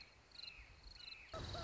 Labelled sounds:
Red-shouldered Hawk (Buteo lineatus)
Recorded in Sonoma County, California

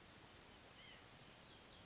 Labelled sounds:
White-breasted Nuthatch (Sitta carolinensis)
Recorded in Sonoma County, California

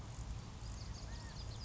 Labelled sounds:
California Quail (Callipepla californica)
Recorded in Sonoma County, California

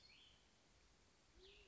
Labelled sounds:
Cassin's Vireo (Vireo cassinii)
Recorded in Sonoma County, California

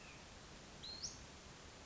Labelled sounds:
Western Flycatcher (Empidonax difficilis)
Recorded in Sonoma County, California

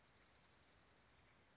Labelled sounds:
Dark-eyed Junco (Junco hyemalis)
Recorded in Sonoma County, California

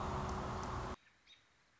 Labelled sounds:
American Robin (Turdus migratorius)
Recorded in Sonoma County, California

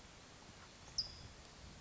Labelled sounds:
California Towhee (Melozone crissalis)
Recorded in Sonoma County, California

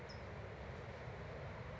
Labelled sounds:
California Towhee (Melozone crissalis)
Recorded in Sonoma County, California

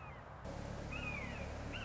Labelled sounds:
Red-shouldered Hawk (Buteo lineatus)
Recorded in Sonoma County, California

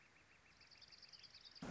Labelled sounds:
Northern Flicker (Colaptes auratus)
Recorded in Sonoma County, California

